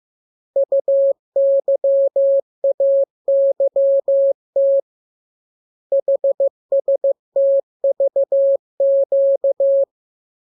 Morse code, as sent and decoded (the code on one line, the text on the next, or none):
..- -.-- .- -.-- - / .... ... - ...- --.-
UYAYT HSTVQ